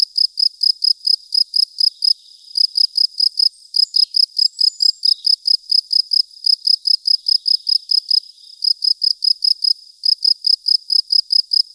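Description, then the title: Field cricket chirping in a long series of short high pulses, with a few short gaps. Recorded at Buoux, Vaucluse, in 2007. "Sylvain Jaskowiak - Animus. Grillon champêtre - Buoux, Vaucluse"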